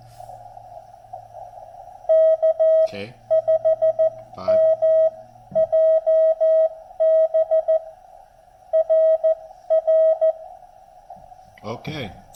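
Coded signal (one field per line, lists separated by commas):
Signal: Morse code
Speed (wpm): 13 wpm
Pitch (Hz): 640 Hz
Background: speech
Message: K5MJB RR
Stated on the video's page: Heard during a park activation in North Carolina; the station met there was operating FT8 with portable gear.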